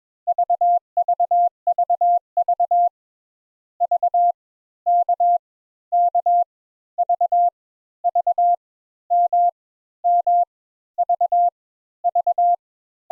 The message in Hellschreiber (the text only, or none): none